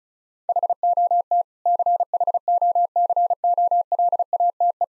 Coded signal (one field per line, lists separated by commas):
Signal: Morse code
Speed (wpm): 36 wpm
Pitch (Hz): 700 Hz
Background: none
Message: HOT CHOCOLATE